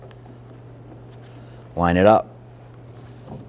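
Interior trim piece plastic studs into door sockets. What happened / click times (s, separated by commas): The trim piece is being positioned; no stud has snapped into its socket yet / none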